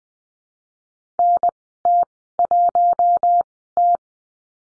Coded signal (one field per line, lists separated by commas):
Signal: Morse code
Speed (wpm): 20 wpm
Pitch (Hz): 700 Hz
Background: none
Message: NT1T